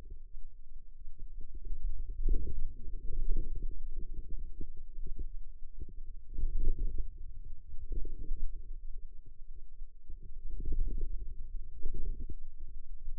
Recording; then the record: forearm muscle sounds (acoustic myography)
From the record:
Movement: ulnar deviation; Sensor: system 2, bracelet of six BSWA MPA416 microphones around the upper forearm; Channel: 5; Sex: female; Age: 21 years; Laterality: right